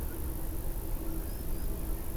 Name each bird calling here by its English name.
Common Sandpiper